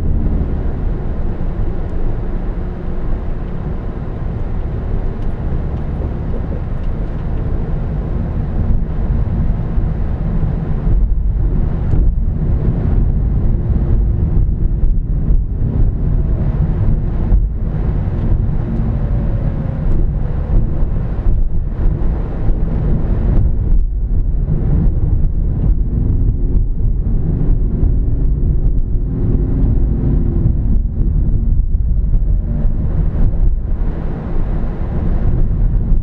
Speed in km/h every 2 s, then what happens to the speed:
16, 15, 15, 16, 21, 21, 24, 27, 24, 23, 19, 19, 26, 35, 35, 32, 23, 21.
0-6 steady at about 15. 6-13 speeds up to 27. 22-26 speeds up to 35. 29-33 brakes to 21.